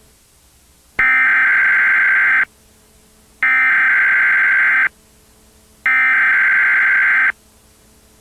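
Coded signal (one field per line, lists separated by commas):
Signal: Emergency Alert System (SAME) tones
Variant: header bursts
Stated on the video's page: Fictional horror short film: simulated alert that may contain valid SAME tones.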